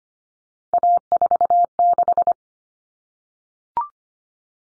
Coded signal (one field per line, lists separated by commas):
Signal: Morse code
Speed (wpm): 25 wpm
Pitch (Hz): 700 Hz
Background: none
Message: A46